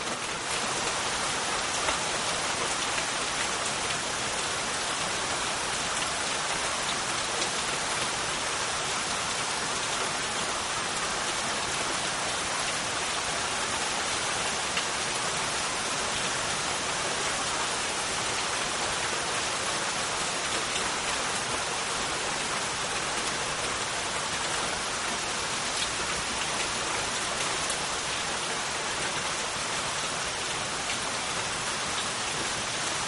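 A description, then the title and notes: Heavy rain falls steadily and densely for the whole stretch, a bright hiss of countless drops with no pauses. The level stays even throughout; no distinct thunderclaps or surging waves stand out beneath the downpour. A secluded beach at twilight.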